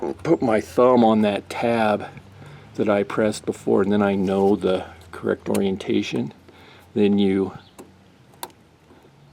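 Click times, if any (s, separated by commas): 8.4 s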